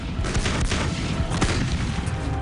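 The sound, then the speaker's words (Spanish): A continuous, loud barrage of heavy gunfire and booming artillery from 700 Allied guns opening the Operation Blockbuster assault on the German-held Kalkar ridge toward Hochwald, with overlapping blasts and sharp cracks over a dense low rumble, no voices. “El asalto comienza con fuego de artillería de 700 piezas aliadas.”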